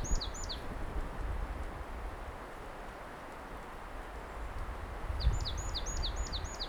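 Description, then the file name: Marsh tit calling: two high, sharp descending notes at the start, then a rapid string of about five similar notes near the end, with low background rumble throughout. "Poecile palustris"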